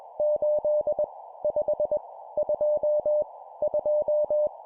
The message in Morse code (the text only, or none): 8 5 2 2